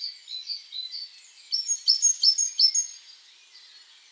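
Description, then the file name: Great tit call: a brief run of crisp, high notes following a few softer chirps. "Parus major"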